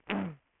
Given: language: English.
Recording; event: throat vibration sensor signal played as sound; throat clearing